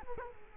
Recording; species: mosquito wingbeat signal from an infrared sensor; Culex quinquefasciatus